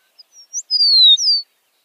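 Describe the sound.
Eastern meadowlark song, one phrase of sweet whistled notes, most sliding down in pitch, ending on a falling slur, in a quiet background.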